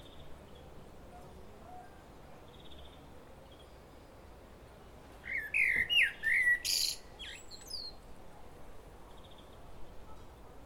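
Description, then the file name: Common blackbird delivering a single rich, fluty warble that breaks into a high, strained twittering ending, then quiet hiss. "Turdus merula"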